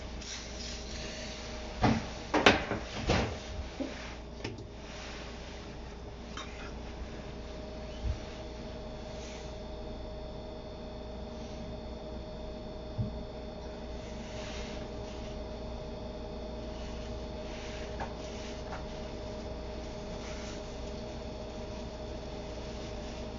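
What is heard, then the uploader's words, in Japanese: Kitchen sounds while someone makes a sake-lees pickling bed. A cluster of sharp clatters and knocks comes around two to three seconds in, then a few lighter taps near five, eight and thirteen seconds. A steady low hum with faint tones runs underneath throughout. キッチンでの物音。粕漬けを作るための粕床を作っています。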